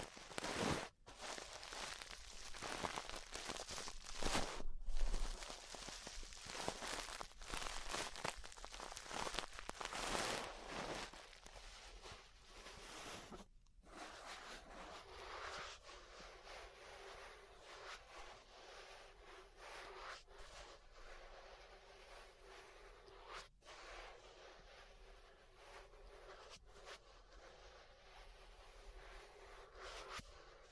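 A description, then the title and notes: Ear brushing makes a dense, scratchy rustle with brief dropouts, louder and fuller in the first half, then thinner and quieter after 14 seconds. ASMR Relaxing 3Dio Ear Brushing (No Talking).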